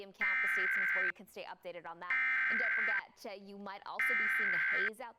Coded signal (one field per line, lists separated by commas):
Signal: Emergency Alert System (SAME) tones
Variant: header bursts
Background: speech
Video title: Texas | EAS Required Monthly Tests | 10/6/20